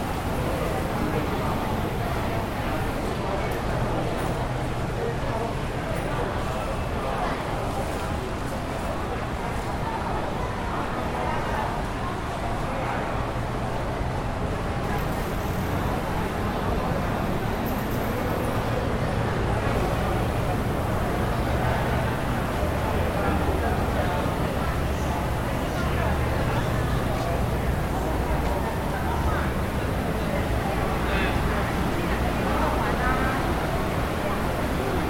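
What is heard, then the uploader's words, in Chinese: A busy flower market, full of overlapping chatter from many people all around. The crowd noise stays dense and steady for the whole stretch, with a low rumble of traffic underneath and occasional brighter voices or clinks rising out of the hubbub. 疫情生活_建國花市。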